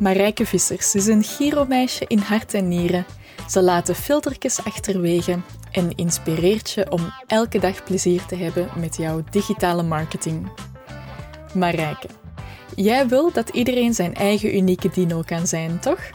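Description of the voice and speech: One woman speaks Dutch fluently at an easy pace with clear, steady voicing and no disfluencies.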